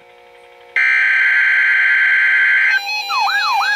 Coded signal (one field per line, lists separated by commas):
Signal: Emergency Alert System (SAME) tones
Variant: header bursts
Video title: (DOUBLE HEADER!) 2 Required Weekly Tests - 12/25/19 (EAS #2,003-2004)